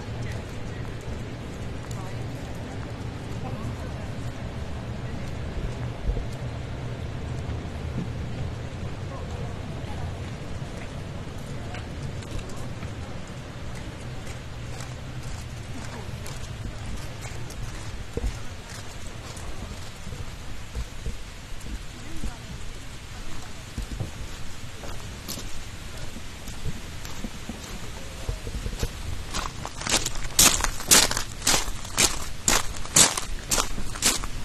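Walking down from Kifune Shrine, a steady low rumble with faint voices fills the first half. After about 25 seconds, sharp regular clacking steps appear, growing louder and quicker toward the end, like hard shoes on stone.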